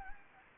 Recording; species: mosquito wingbeat signal from an infrared sensor; Anopheles gambiae